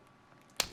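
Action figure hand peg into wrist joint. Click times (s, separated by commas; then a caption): 0.6 s. A plastic swap-hand peg with double ridges on a Power Rangers Lightning Collection Wave 1 action figure is pushed into the figure's wrist joint against a quiet background. A single sharp click at 0.6 s marks the first ridge reaching its first detent, followed by a brief fading tail. The hand is only partly seated, with the second click still to come.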